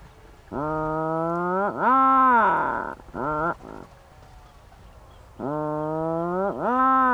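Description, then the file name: Atlantic puffin with long, level, nasal moans that dip and rise at their ends, plus a rougher grating stretch and short clipped notes between. "Macareux moine"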